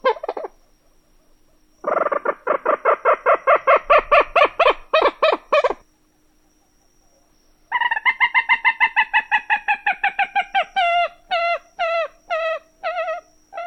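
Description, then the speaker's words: Common Moorhen cackling: a brief opening note, then a rapid, rattling series of nasal notes, a pause, then another quick run easing into slower, sharp kecks. Nasal, high-pitched cackle, almost inquisitive in tone, given from a usually concealed position; sharper and higher pitched than the American coot's, with several sharp keck-keck-kecks. "From a usually concealed position, the common moorhen utters a nasal, high-pitched cackle that sounds almost inquisitive in tone."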